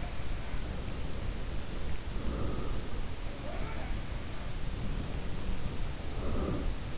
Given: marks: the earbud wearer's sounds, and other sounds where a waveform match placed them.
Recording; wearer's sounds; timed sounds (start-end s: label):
sounds in sleep by an in-ear microphone; breath
0.00-4.54 s: sound from someone else or the room
0.30-3.10 s: breath
4.64-6.98 s: breath